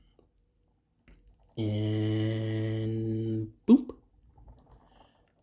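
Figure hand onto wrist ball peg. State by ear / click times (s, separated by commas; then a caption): not seated / none. A replacement plastic hand is pushed onto the wrist ball peg of a Yamaguchi Arkham Knight (Red Hood) figure while someone talks, holding a long voiced tone from about 1.6 to 3.5 seconds, followed by a few faint handling taps. The hand ends up on the peg, but no snap is heard and nothing has clicked into place.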